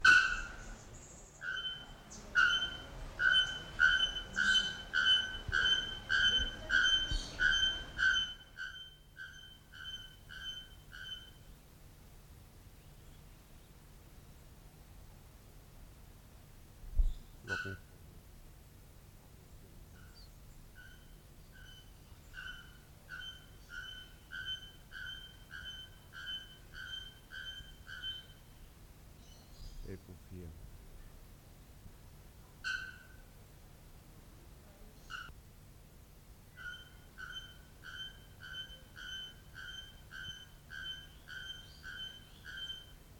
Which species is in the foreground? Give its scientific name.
Procnias nudicollis